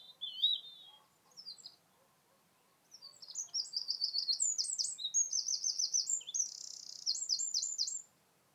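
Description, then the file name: Eurasian wren song: a few scattered high notes, then a long, fast run of piercing trills and rattles lasting about five seconds. "Troglodytes troglodytes"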